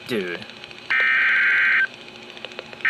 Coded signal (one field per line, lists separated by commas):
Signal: Emergency Alert System (SAME) tones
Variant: header bursts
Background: speech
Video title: Moderate Flash Flood Risk.. Four Days of EAS Alerts from July 8th-11th, 2023 (EAS #348-381)